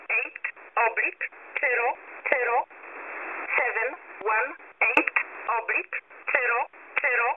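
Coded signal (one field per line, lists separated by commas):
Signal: numbers station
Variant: E11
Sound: short spoken words in even succession through narrow, noisy shortwave audio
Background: radio static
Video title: E11 Oblique 23/08/2023 0845 UTC 12815kHz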